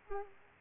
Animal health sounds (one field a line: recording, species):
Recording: mosquito wingbeat signal from an infrared sensor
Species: Aedes aegypti